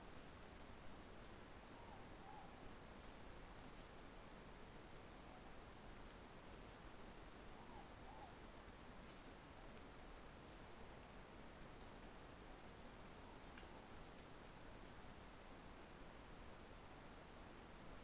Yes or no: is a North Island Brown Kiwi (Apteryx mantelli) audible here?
no